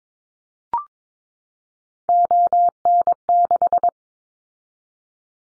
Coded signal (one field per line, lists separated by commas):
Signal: Morse code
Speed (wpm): 22 wpm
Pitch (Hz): 700 Hz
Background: none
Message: ON6